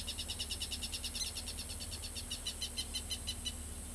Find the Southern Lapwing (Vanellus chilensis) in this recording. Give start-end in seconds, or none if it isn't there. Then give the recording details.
0.00-3.94. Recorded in pastures near Pivijay, Magdalena, Colombia, on 2 June 2023 at 18:00. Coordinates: 10.456, -74.369. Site P6-G026